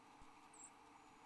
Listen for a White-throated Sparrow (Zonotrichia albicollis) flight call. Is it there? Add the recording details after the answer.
yes. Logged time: 05:25 on 8 December 2014